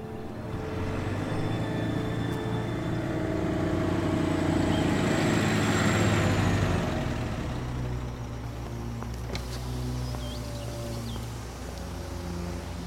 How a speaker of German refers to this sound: Pass auf, da kommt ein LKW. Ja, ich sehe ihn, Sir. Der will wohl zum Gasthaus.